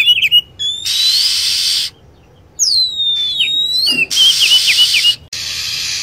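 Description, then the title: Lovebird shrill calls: sharp whistled sweeps and chirps, some falling steeply, alternating with long bursts of harsh hissing screech, with brief quiet gaps between. Lure sound used to attract lovebirds. "PIKAT BURUNG LOVEBIRD"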